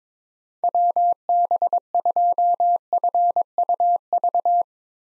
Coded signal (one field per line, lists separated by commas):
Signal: Morse code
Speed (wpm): 22 wpm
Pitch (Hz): 700 Hz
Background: none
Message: WB2FUV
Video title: 2023 SOTA Chaser Call Signs - 22wpm